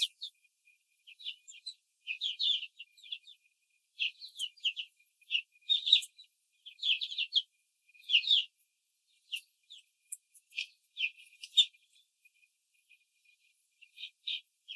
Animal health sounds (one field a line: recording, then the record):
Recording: young laying hens in a cage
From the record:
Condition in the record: control cage, after the stress test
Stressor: none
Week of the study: 4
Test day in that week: 3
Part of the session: 2